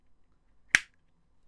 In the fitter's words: and locks into place like that.